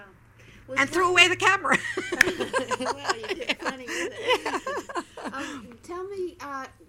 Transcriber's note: they laugh